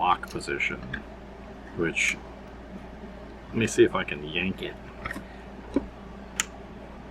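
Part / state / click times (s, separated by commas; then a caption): plastic gun part into its locked position on a transforming robot toy / seated / 6.4 s. Someone talks while pulling firmly on the plastic gun part of a War For Cybertron G1 Decepticon Soundwave transforming robot toy, with a smaller tap at 5.8 s. A sharp, loud click at 6.4 s marks the gun part seating into its locked position.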